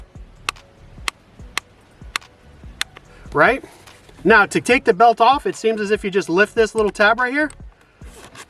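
The strap of a KORE Essentials tactical gun belt is pulled through its ratchet buckle, which clicks into successive notches about every quarter inch. Sharp clicks sound at 0.5, 1.1, 1.6, 2.2 and 2.8 seconds as the strap seats notch by notch. Someone then talks.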